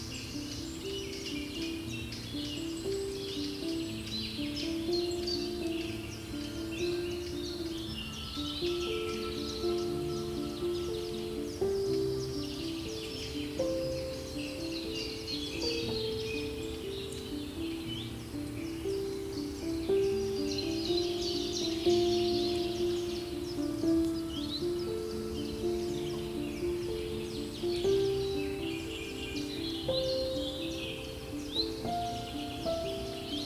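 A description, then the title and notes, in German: Calming nature sounds blend with an enveloping melody: soft, sustained low tones shift slowly in stepwise patterns throughout. Above them, bright bird chirps and tweets flutter almost continuously, with a faint steady hiss of ambience underneath. The level stays even throughout. Mit beruhigenden Naturklängen und einer einhüllenden Melodie.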